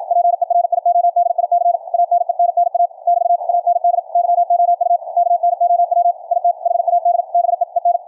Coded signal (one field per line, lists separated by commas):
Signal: Morse code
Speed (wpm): 53 wpm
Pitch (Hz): 700 Hz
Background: radio noise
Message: PERIODIC ANENNA <BT> AND YOU KNOW IT HAD BEEN